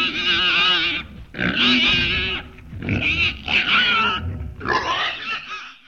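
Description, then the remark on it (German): A pig at the bow of a sailboat in the salty wind grunts and squeals with happiness in four loud, drawn-out bursts with short pauses between, the tone bright, nasal and wavering, with no other sounds around it. “hielt die Nase in den salzigen Wind und grunzte vor Glück.”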